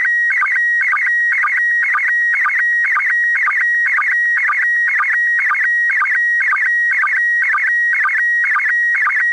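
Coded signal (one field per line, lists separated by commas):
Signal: SSTV (slow-scan television)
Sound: steady whistling tone broken by rhythmic warbling chirps, about two per second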